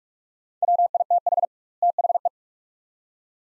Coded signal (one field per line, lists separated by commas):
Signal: Morse code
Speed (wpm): 43 wpm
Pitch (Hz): 700 Hz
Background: none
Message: WITH THE